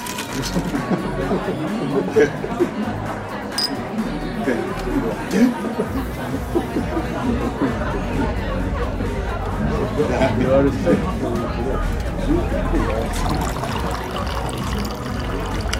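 Murmuring bar sounds: many overlapping voices blend into a steady, dense babble with no single speaker standing out. A low hum runs underneath throughout, and a few brief clinks and louder voices pop up now and then, around the fourth and eleventh seconds.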